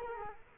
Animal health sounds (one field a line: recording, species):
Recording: mosquito wingbeat signal from an infrared sensor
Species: Culex quinquefasciatus